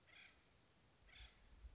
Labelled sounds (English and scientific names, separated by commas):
Acorn Woodpecker (Melanerpes formicivorus)